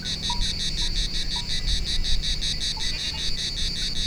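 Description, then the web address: Cicada song: a steady, rasping buzz pulsing in rapid even beats, with faint short tonal chirps underneath and low rumbling background noise. Recorded on Thassos, Greece, in 2016. "hanggyujtemeny gorogtaj thassos 2016 ketkaboca kecskekrovarok kecskesut"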